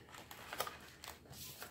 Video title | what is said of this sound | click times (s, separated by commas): 5 Hacks to the Mambi Sticker Storage Book | you're done it just pops right in really | 0.6 s